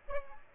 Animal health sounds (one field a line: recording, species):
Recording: mosquito wingbeat signal from an infrared sensor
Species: Aedes aegypti